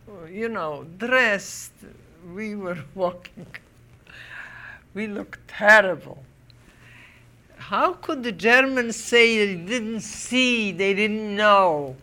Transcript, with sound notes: you know, dressed. We were walking. We looked terrible. ( she raises her voice ) How could the Germans say they didn't see, they didn't know?